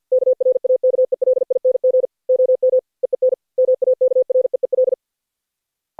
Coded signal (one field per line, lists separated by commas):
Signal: Morse code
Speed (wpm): 52 wpm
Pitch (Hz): 510 Hz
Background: none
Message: KRAKELING OM EEN MAKREEL